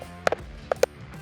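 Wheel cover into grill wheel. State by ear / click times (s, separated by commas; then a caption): seated / 0.3 s, 0.7 s, 0.8 s. A plastic wheel cover is pressed onto the wheel of a Weber kettle grill so its eight pins pop into the wheel holes. Sharp snapping pops are heard at 0.3, 0.3, 0.7 and 0.8 seconds, and the cover is seated in place.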